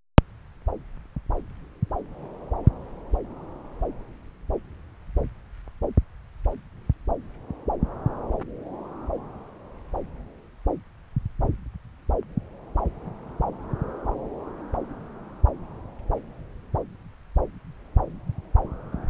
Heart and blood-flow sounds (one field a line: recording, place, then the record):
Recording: Doppler ultrasound of blood flow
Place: right subclavian vein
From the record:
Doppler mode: continuous wave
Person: adult scuba diver, at rest before a dive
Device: O'Dive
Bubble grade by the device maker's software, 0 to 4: 0